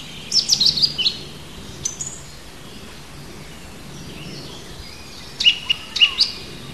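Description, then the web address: Bird giving quick clusters of thin, high chirps at the start and again near the end, with a single sharp note between and long quiet gaps. Native birds in a hedge, recorded in March. "oeko hecke vogel maerz vogel heimisch"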